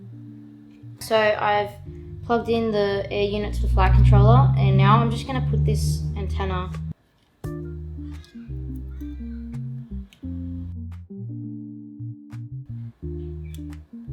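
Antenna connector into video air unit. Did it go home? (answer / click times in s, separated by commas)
no / none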